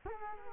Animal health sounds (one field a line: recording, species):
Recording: mosquito wingbeat signal from an infrared sensor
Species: Culex quinquefasciatus